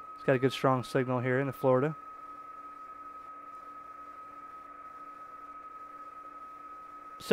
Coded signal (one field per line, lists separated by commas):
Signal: PSK31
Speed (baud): 31.25 baud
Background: speech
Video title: Wolphilink, Android + Ham Radio, FT817/X5105/FT857 For PSK/RTTY and More!